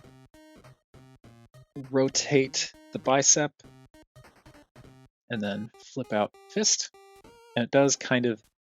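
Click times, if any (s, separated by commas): none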